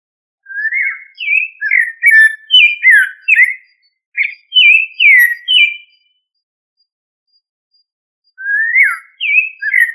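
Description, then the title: Thrush singing rich whistled phrases, rising and falling slurs delivered in a rapid string, then a pause of about two and a half seconds before another short burst of whistles. "Familia Turdidae - Sabia"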